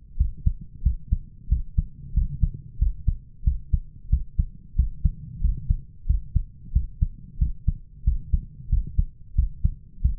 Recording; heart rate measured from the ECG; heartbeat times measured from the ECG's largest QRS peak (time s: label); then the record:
heart sounds by stethoscope; 91 bpm
0.19 s: heartbeat
0.85 s: heartbeat
1.51 s: heartbeat
2.16 s: heartbeat
2.81 s: heartbeat
3.46 s: heartbeat
4.12 s: heartbeat
4.78 s: heartbeat
5.43 s: heartbeat
6.09 s: heartbeat
6.75 s: heartbeat
7.41 s: heartbeat
8.06 s: heartbeat
8.72 s: heartbeat
9.37 s: heartbeat
10.04 s: heartbeat
From the record:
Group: healthy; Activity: rest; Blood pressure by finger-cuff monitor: 138/86 mmHg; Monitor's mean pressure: 103 mmHg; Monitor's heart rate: 91 bpm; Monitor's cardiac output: 7.4 L/min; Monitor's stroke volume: 80 mL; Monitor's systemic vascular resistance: 1040 dyn s/cm5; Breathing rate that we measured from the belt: 20 breaths a minute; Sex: male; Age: 21 years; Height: 175 cm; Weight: 72.6 kg